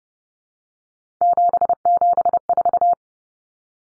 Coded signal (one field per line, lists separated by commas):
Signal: Morse code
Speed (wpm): 30 wpm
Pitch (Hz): 700 Hz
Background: none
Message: 774